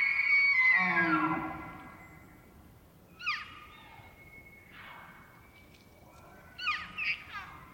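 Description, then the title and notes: Elk bugle: a loud, sliding whistled squeal with low grunts, then several quieter bugles over a steady faint hum. Bull elk roaring during the rut, pre-dawn morning of September 18, Colockum Wildlife Area, Washington; males vocal just before hunting season. "Elk Bull Roars Closer And Far With Challenges, Galloping, And Clashing Antlers. morning of September 18, starting pre-dawn. It was rutting season in the Colockum Wildlife area"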